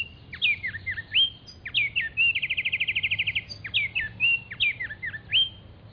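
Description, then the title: Black-striped sparrow singing high whistled notes with slurred downward flourishes, including a fast even trill of rapid repeated notes in the middle. Nominate subspecies Arremonops conirostris conirostris. "LuckyPassaro Completos2Sama. Black-striped Sparrow"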